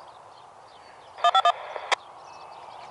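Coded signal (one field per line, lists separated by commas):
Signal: DTMF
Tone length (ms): 70 ms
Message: 151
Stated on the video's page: Three-digit DTMF tones sent by fire department dispatch to trigger a fire siren test.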